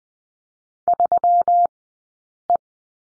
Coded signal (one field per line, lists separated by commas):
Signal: Morse code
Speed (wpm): 20 wpm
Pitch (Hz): 700 Hz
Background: none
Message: 3E